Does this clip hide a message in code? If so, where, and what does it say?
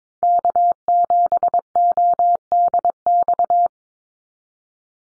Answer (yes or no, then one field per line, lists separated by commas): yes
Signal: Morse code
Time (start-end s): 0.2-3.7 s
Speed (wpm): 22 wpm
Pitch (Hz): 700 Hz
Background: none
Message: K7ODX